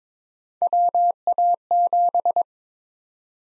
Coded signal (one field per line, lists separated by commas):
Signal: Morse code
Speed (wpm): 22 wpm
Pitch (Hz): 700 Hz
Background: none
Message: WA7